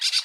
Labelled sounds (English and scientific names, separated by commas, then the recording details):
Brown-throated Parakeet (Eupsittula pertinax) contact call
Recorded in Curacao
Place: N of oil terminal (Bullenbaai)
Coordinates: 12.200, -69.020